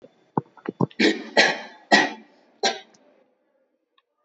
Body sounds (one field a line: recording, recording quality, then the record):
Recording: shallow voluntary cough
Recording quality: excellent, no background noise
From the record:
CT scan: not taken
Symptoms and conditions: sore throat, muscle pain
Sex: female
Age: 21 years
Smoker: no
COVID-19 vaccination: both doses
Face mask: not worn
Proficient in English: yes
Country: India